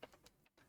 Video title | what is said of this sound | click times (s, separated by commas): [PS2] #1 Autopsie Playstation 2 SCPH-39004 (problème lecteur) | ensuite tu refermes et là on a entendu le petit clic que | 0.0 s